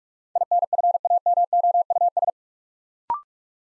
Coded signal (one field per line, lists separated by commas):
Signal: Morse code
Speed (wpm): 44 wpm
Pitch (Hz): 700 Hz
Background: none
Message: INFAMOUS